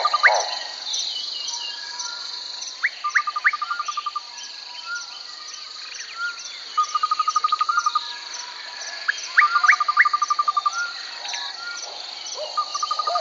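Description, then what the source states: Birds chirping with short rising whistled notes and quick trilled bursts, over a constant high insect drone and rapid pulsed trills. Birds chirping close by in a forest.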